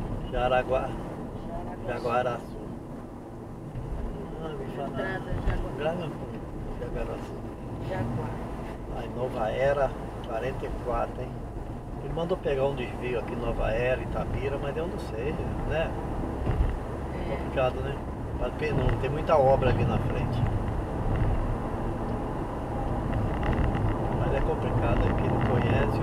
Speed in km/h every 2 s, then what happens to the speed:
59, 58, 57, 58, 60, 63, 71, 73, 79, 84, 87, 90, 90.
0-9 steady at about 58. 9-26 speeds up to 90.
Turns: none.